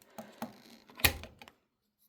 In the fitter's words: And this here will click into here nice and securely.